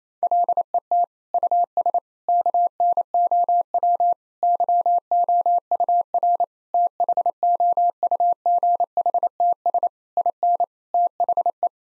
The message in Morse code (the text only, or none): LET US KNOW YOUR THOUGHTS IN THE